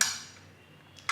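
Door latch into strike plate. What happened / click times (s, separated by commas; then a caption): Door latch catches as the door closes / 0.0 s. A door fitted with a Zunpulse Wifi smart door lock is closed, and its latch catches into the strike plate with a sharp impact at 0.0 s, confirming the latch has seated. The ring fades over the next half second. A faint tick follows near 1.0 s, then a loud broadband burst from about 1.1 s to the end.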